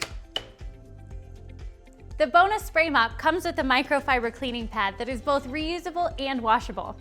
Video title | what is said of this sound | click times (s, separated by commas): How to Assemble and Use Your Bona Spray Mop for Hard-Surface Floors | and pushing together until you hear a click. | 0.0 s, 0.4 s